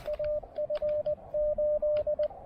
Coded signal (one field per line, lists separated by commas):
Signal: Morse code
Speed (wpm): 20 wpm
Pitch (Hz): 600 Hz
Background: radio noise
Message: AF8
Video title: Cape Hatteras: POTA activation at an Iconic North Carolina Lighthouse!